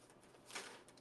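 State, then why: Not seated. A plastic lid is handled on a craft supply container, with faint rustling, a broader scuffing burst of handling near 0.5 s and a brief tick near 0.9 s. Nothing has seated or snapped shut yet; the lid is not yet home when the clip ends.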